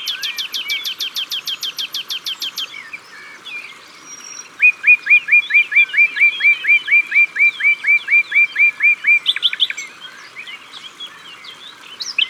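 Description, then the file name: Common nightingale song: a fast rattling trill of high notes, then a long run of loud notes repeated steadily, followed by varied chattering phrases. At the water's edge. "Rossignol philomele Au bord de leau"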